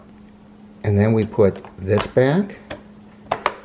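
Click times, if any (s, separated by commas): 3.3 s, 3.5 s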